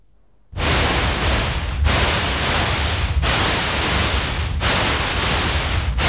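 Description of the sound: Synthesized tinnitus simulation: a loud, steady broadband rushing hiss starts after about half a second, with brief dips roughly every 1.4 seconds.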